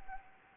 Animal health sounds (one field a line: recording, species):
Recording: mosquito wingbeat signal from an infrared sensor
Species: Anopheles arabiensis